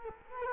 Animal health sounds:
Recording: mosquito wingbeat signal from an infrared sensor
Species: Culex quinquefasciatus

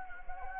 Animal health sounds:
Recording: mosquito wingbeat signal from an infrared sensor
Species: Anopheles gambiae

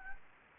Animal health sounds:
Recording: mosquito wingbeat signal from an infrared sensor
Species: Anopheles gambiae

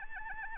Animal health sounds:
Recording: mosquito wingbeat signal from an infrared sensor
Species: Anopheles arabiensis

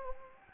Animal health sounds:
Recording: mosquito wingbeat signal from an infrared sensor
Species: Anopheles gambiae

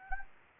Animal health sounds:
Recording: mosquito wingbeat signal from an infrared sensor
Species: Anopheles gambiae

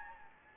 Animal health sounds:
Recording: mosquito wingbeat signal from an infrared sensor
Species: Anopheles gambiae

